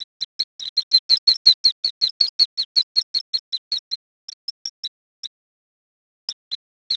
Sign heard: Stuttering mice calls.